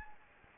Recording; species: mosquito wingbeat signal from an infrared sensor; Anopheles gambiae